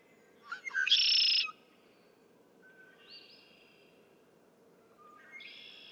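Red-winged blackbird song: a brief note then a loud, harsh buzzy trill lasting under a second, followed by two fainter calls.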